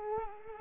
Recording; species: mosquito wingbeat signal from an infrared sensor; Culex quinquefasciatus